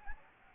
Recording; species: mosquito wingbeat signal from an infrared sensor; Anopheles gambiae